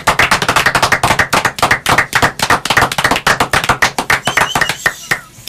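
A live audience applauds with dense, rapid clapping that holds steady at a loud level, then thins out and fades toward the end.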